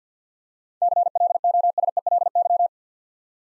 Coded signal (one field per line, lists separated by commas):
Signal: Morse code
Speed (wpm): 50 wpm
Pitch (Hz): 700 Hz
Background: none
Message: CLOSELY